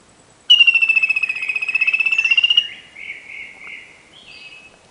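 Bird: a two-second high pulsing trill on a steady pitch, followed by softer slurred notes.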